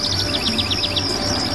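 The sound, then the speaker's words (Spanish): Small birds changing branches on an afternoon chirp in a quick, even series of high, bright notes, about eight in a row, then trail into softer twitters over a steady low background hum. “También cambiaron los pajaritos de rama.”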